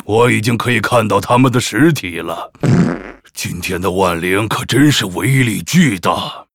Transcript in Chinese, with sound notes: 我已经可以看到它们的实体了…… （放屁） 今天的万灵可真是威力巨大。